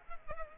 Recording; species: mosquito wingbeat signal from an infrared sensor; Culex pipiens